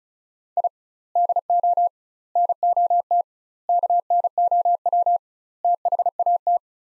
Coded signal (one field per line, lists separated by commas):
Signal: Morse code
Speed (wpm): 36 wpm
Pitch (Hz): 700 Hz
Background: none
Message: I DO NOT KNOW THAT